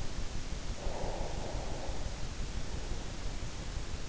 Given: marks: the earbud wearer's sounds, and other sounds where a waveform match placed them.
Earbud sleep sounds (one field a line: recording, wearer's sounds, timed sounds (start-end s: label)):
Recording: sounds in sleep by an in-ear microphone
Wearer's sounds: breath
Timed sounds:
0.70-3.29 s: breath